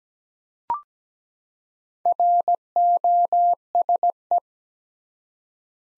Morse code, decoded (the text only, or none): ROSE